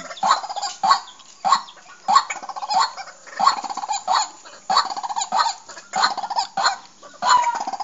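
Bird calling in a steady series of harsh, buzzy bursts, each a cluster of rapid nasal notes, repeated roughly every 0.6 seconds throughout.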